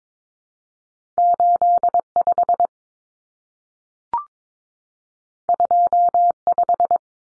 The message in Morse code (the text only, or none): 85 25